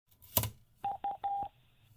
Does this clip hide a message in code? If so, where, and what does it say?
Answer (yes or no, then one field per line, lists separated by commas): no